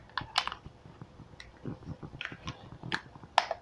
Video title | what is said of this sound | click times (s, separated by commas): patty crafts doll review of monster high school bus | This one just snapped right into place. I just snapped it in there. | 3.4 s